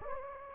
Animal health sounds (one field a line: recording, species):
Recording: mosquito wingbeat signal from an infrared sensor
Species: Anopheles gambiae